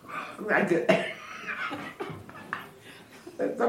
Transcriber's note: laughter